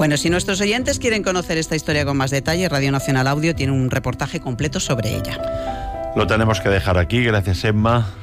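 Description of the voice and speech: A man speaks fluent Spanish in a clear, steady voice at a normal pace, closing a radio segment.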